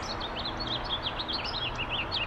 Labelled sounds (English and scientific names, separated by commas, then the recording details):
House Finch (Haemorhous mexicanus) song
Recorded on Long Island, New York, on 8 April 2011
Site BN
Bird C